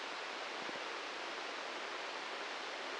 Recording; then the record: brain microelectrode recording played as sound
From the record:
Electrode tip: inside the subthalamic nucleus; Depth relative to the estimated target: 3 mm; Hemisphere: left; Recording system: NeuroSet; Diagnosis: Parkinson's disease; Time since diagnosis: 15 years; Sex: male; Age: 65 years